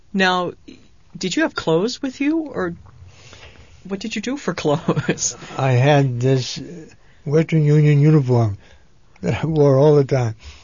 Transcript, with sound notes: Now, did you have clothes with you, or what did you do for clothes? (he laughs)
I had this Western Union uniform that I wore all the time.